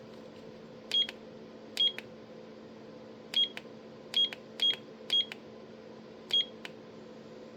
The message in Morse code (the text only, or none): none